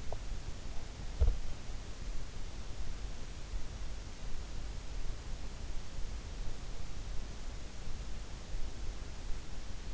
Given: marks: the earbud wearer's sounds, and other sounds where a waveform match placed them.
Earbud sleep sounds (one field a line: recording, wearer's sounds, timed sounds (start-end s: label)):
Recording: sounds in sleep by an in-ear microphone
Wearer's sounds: teeth grinding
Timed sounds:
0.00-1.62 s: teeth grinding